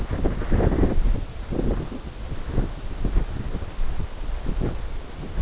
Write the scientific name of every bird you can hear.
none